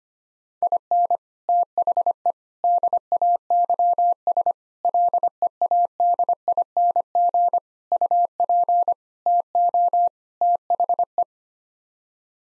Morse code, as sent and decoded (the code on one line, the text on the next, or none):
.. -. / - .... . / -.. .- -.-- ... / .-.. . .- -.. .. -. --. / ..- .--. / - --- / - .... .
IN THE DAYS LEADING UP TO THE